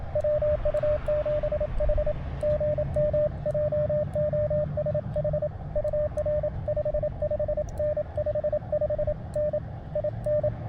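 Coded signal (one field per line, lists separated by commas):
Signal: Morse code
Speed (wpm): 27 wpm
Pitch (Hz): 600 Hz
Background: radio noise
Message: WU7H GM JOSH UR 55N 55N IN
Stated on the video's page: CW SOTA activation with an Elecraft KX2, Spooltenna Ultra antenna and Palm Pico paddle.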